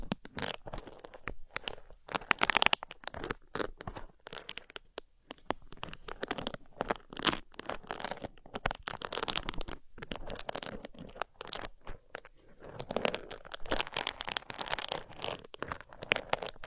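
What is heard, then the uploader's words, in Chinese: Ear scratching and picking, heard as dense, rapid crinkly scraping and crackling that runs in uneven bursts with brief near-silent gaps. The loudest, brightest rubbing comes around two to three seconds, with another busy stretch from about thirteen to sixteen seconds. 抠耳朵。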